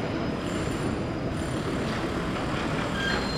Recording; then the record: background sound without coughing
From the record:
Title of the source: 30 MINUTES Construction Site Ambience (CC BY 4.0)